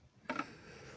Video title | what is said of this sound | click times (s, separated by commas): Pare choc, face avant, radiateur, condensateur, boite, distribution, etc.. dépose vidéo longue | Ça se clipse. Voilà. | 0.3 s